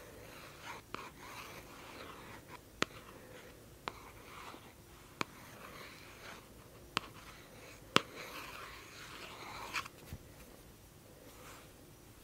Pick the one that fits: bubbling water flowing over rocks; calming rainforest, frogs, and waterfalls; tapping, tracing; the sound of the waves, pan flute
tapping, tracing